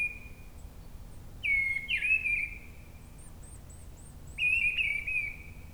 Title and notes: Brison-Saint-Innocent, France - Grive draine. En lisière de la forêt une grive draine chante haut perchée à la cime d'un arbre, beaucoup de passages d'avions avec l'aéroport proche un dimanche , il y a quand même un moment plus calme pour l'entendre seule, le temps est gris 10°